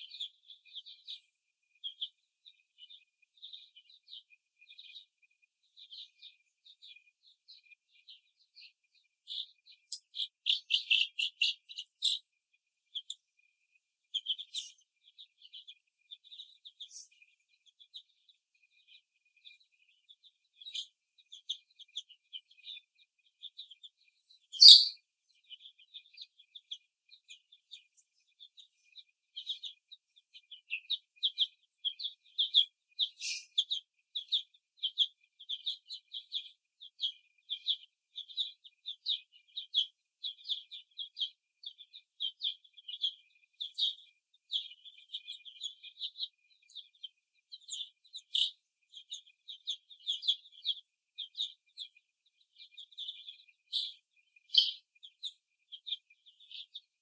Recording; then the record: young laying hens in a cage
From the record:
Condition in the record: before the stressor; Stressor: simulated dog barking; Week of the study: 1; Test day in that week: 2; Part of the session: 2